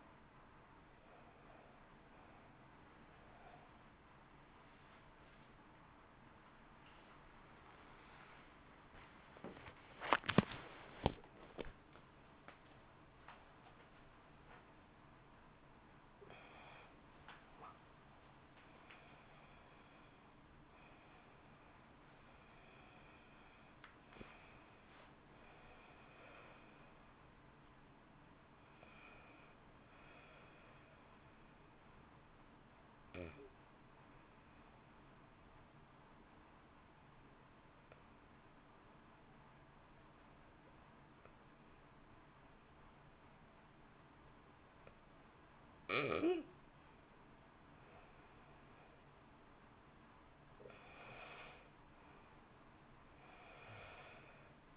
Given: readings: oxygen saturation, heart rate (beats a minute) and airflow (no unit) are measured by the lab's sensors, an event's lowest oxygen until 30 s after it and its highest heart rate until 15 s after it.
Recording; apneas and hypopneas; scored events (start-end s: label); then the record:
a person awake in a sleep study, by a voice recorder at the bedside; 2
3.00-32.00 s: awake
7.00-23.70 s: hypopnea (scored as awake, oxygen 97% highest, then 91% lowest, heart rate 65 at the start, 69 highest)
29.00-54.77 s: new sleep stage, N1 (lightest sleep)
32.00-49.80 s: hypopnea (N1, oxygen 95% highest, then 83% lowest, heart rate 60 at the start, 64 highest)
From the record:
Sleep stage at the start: awake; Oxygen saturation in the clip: 86 to 97%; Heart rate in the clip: 51 to 69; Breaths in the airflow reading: 12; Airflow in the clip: -2.1 to 3.8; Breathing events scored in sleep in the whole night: 328 in 6.3 hours asleep